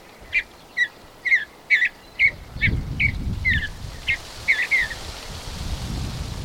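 Bird chirps in a string of short, clear notes while a low rumbling noise rises in the background midway.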